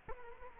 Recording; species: mosquito wingbeat signal from an infrared sensor; Culex quinquefasciatus